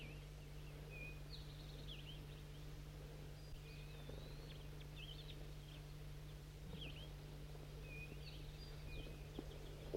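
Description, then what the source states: Crossbills calling: a flock gives short, sharp chirps and slurred, downward-bending notes at irregular intervals, over a constant low hum. Flock of crossbills at a mist net, with males coming down; the rest of the flock is in a dead pine tree nearby.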